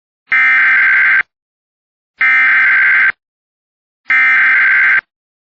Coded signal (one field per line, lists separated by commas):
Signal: Emergency Alert System (SAME) tones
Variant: header bursts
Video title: EAS Recreation Short (3/3/25): Hatteras Island 911 Outage